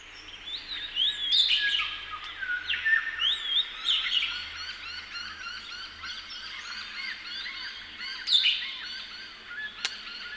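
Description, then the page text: Red-rumped parrot song, whistled rising and falling notes in a busy continuous run over a steady background hiss and low hum, with a sharp click near the end. "Marc Anderson - Певчий попугай (Psephotus haematonotus)"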